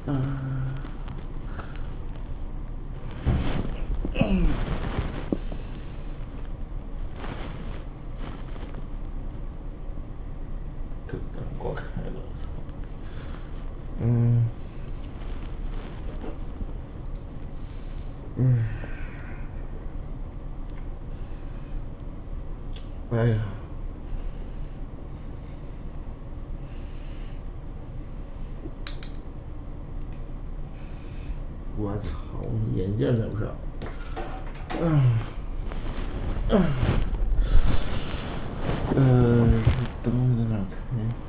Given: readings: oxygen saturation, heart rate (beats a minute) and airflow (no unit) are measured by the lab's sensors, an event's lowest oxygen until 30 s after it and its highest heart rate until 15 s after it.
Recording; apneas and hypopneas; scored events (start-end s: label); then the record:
a person awake in a sleep study, by a smartphone at the bedside; none
0.00-41.28 s: awake
From the record:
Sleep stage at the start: awake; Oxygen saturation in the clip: 94 to 96%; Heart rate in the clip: 59 to 123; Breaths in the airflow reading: 11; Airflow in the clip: -17.3 to 20.7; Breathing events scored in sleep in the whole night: 403 in 5.5 hours asleep